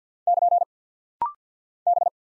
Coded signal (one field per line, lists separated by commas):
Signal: Morse code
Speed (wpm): 50 wpm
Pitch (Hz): 700 Hz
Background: none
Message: <KN> B